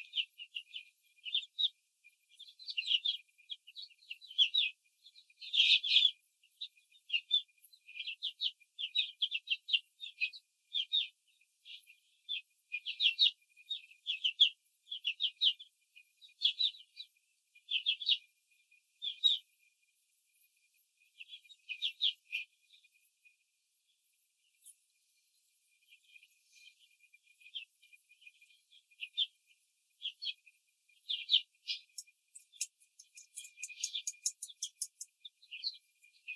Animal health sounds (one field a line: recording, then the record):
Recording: young laying hens in a cage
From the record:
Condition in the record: control cage, after the stress test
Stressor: none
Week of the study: 4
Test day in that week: 3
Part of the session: 2